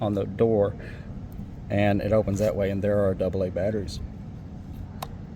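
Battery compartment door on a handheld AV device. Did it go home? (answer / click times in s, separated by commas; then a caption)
no / none. Someone talks while handling the plastic battery compartment door of a handheld AV device, a wireless microphone or remote, that holds AA batteries and opens by pressing on its sides. Speech fills most of the clip, followed by a short, sharp tick near 5.0 s. The door is still open and nothing has seated or clicked yet.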